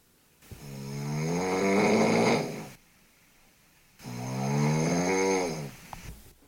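Two long, even snores of about two seconds each, with a low, buzzy, fluttering drone like a cow snoring, at roughly 20 breaths a minute, from an adult asleep early on a Sunday morning. The steady, homogeneous rumble comes from the uvula and the back wall of the throat fluttering during sleep.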